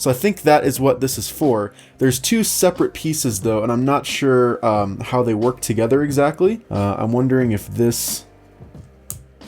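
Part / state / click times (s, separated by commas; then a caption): plastic compression adjustment tool onto speed cube centre piece / seated / 9.1 s. Someone talks while handling the two separate pieces of a plastic spring-compression adjustment tool for a Moyu WeiLong GTS3 M speed cube. At 9.1 s, a single sharp click is heard as the tool seats onto the cube's centre piece, followed by a faint softer sound just after.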